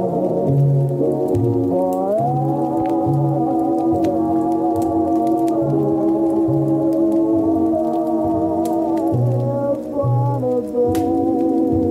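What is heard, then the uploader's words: Christmas oldies play in another room, heard as a muffled blend of held, low chords with the treble dulled away. A bass line pulses in steady, repeated notes underneath, and faint clicks and ticks scatter across the twelve seconds while the level stays even. Christmas oldies playing in another room.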